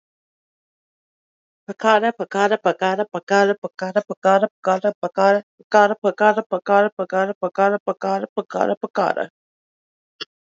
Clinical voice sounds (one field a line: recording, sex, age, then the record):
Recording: repeated syllables /pa ta ka/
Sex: female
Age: 20 to 29 years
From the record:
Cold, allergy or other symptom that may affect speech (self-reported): no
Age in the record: 29 years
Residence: Oklahoma, United States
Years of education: 16